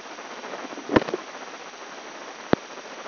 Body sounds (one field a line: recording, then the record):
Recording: brain microelectrode recording played as sound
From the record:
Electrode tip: inside the subthalamic nucleus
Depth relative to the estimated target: -4 mm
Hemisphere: left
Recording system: AlphaMap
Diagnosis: Parkinson's disease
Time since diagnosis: 10 years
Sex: male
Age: 58 years